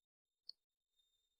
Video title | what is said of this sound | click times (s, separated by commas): portronics my buddy hexa 22- best portable laptop stand | In this way, the stand can be folded up, and each and every stage, the good click sound will come | 0.5 s